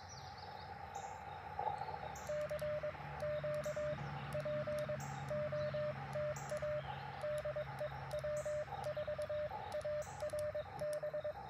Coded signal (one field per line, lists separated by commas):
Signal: Morse code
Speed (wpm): 22 wpm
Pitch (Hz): 600 Hz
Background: radio noise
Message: E CQ POTA DE W4ARB